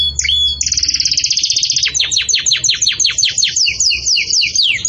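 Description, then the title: Canary singing a quick high trill that slows into a series of descending swept notes, continuous and loud. Belgian canary song intended for teaching young chicks (encarte de filhotes); song style described as 'campainha' (bell). "Belíssimo Canto Do Canário Belga Campainha Para Encarte De Filhotes"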